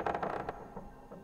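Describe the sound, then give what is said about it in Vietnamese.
A woven bamboo door creaks and rattles as it is shaken, a series of short, uneven wooden groans and scrapes that fade and return in a loose rhythm. “Tôi mơ hồ còn nghe cả những tiếng kẽo kẹt tựa như là ai đang lay lay cái cửa liếp.”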